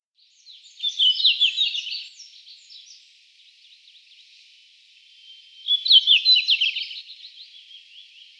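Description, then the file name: Red-flanked bluetail song: two bright, rapid warbled phrases about five seconds apart, with faint high chirps between them. "sinehvostka golos"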